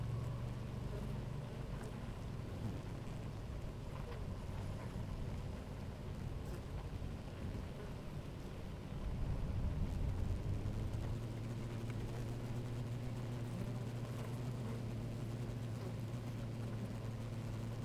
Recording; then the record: honeybee colony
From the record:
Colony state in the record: active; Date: 28 July 2017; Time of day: 11:00